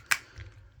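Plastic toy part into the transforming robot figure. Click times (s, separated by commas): 0.1 s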